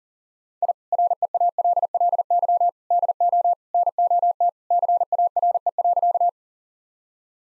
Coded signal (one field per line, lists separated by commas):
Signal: Morse code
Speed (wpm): 40 wpm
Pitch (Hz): 700 Hz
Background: none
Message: I REALLY DO NOT CARE.